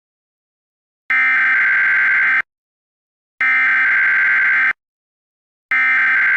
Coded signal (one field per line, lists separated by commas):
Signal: Emergency Alert System (SAME) tones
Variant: header bursts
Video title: EAS Scenario #9: Die-spacito